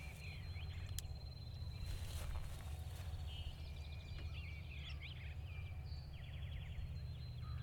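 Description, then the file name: Birds giving scattered chirps and quick trilled phrases over a constant low rumble, with a brief rustling burst early on. Recorded in early spring near a lake, in a field, on 1 April 2017. "freesound Early Spring Field Birds"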